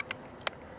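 A new crossbow string is drawn back with the cocking crank toward the trigger catch, giving short, sharp crank clicks at about 0.0 s, 0.1 s and 0.5 s over a faint low background. The string has not latched into the trigger catch yet.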